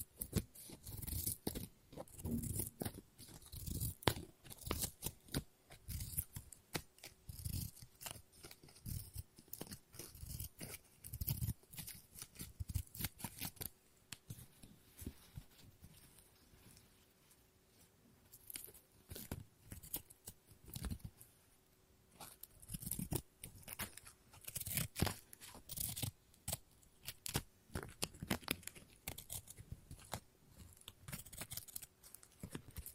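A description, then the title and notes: Scissors snip and cut through paper in quick, dense bursts of sharp, crisp clicks and rustles. The cutting runs steadily for the first fifteen seconds, thins out into a quieter stretch around 16 to 21 seconds, then resumes in busy clusters until the end. ASMR Scissors No Talking Snips and Cutting Paper.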